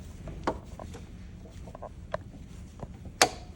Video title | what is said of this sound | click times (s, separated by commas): CEREC Technology at the MEC | that's the click so it's the block is secured | 3.2 s